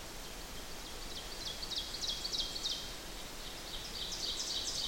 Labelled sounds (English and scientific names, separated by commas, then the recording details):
Ovenbird (Seiurus aurocapilla) song
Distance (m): 50 m
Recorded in boreal forest in Alberta, Canada, on 8 June 2016 at 05:57
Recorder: SongMeter 3, array SBT-3-9
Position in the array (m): 100 m, 103 m
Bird 34